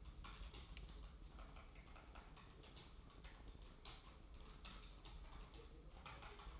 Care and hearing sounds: daily activity, microphone in the room; typing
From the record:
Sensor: 1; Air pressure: 995.3 hPa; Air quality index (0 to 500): 28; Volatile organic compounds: 1 ppm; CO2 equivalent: 541 ppm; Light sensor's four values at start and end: 14/50/18/19 and 14/51/18/19

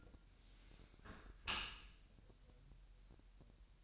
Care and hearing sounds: daily activity, microphone in the room; close dishwasher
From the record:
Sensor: 2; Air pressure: 1000.3 hPa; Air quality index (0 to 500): 245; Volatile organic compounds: 90 ppm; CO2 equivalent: 3682 ppm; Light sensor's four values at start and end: 9/21/8/8 and 8/20/8/8

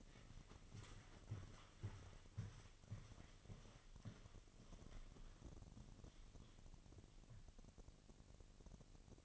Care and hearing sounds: daily activity, microphone in the room; walk to room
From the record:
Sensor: 4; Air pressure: 1000.3 hPa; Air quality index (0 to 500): 212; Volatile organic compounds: 22 ppm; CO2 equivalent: 2740 ppm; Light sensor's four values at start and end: 9/20/8/8 and 9/21/8/8

